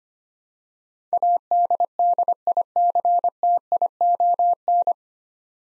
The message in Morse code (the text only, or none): ADDICTION